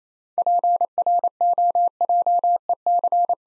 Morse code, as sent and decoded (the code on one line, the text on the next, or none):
.--. .-. --- .--- . -.-.
PROJEC